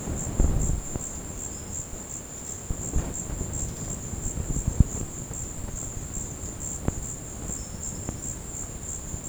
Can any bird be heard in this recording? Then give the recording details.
no. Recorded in secondary vegetation near Puerto Asís, Putumayo, Colombia, on 19 March 2025 at 14:30. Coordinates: 0.481, -76.318. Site G097